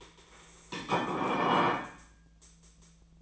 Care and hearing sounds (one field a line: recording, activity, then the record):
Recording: daily activity, microphone in the room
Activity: place plate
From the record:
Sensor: 1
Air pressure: 1009.4 hPa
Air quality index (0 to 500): 196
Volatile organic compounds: 20 ppm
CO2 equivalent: 2677 ppm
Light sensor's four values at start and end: 27/70/29/35 and 27/70/29/35